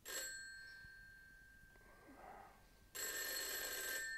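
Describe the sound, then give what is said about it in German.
A telephone bell rings at midnight in a loud, bright metallic burst, stops for about two and a half seconds, then starts ringing again just as loudly. “Leider wurde Mr. Nuttings Schlaf schon um Mitternacht gestört, als sich das Telefon abermals hören ließ.”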